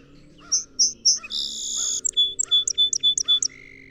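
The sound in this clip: Song sparrow song opening with three crisp notes, then a rasping buzz, a run of sharp clipped notes and a closing buzzy tone.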